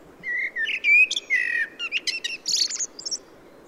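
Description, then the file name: Common blackbird song: mellow fluted whistles wavering around mid pitch, then a burst of high, squeaky twittering notes, over steady low background noise. "Turdus merula"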